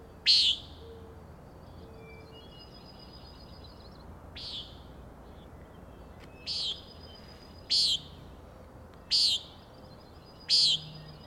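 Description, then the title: Common nighthawk giving short, buzzy, nasal peent calls, six in a row at uneven gaps of about one to four seconds, with a faint thin trill between some calls. Peenting calls at 4am on 16 June 2017, Schoodic Head overlook, Winter Harbor, Maine; birds flying in close follow-the-leader formation near the recordist. "Common Nighthawks, Schoodic Head 061617 4am"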